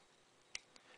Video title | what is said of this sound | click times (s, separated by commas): RepRap Heated Build Plate Assembly For Vision 3D Printer Part1 | there it goes when it's in the right place and then you just slide this back and it's locked in there | 0.5 s